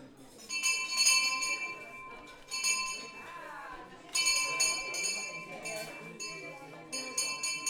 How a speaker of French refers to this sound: La cloche intérieure.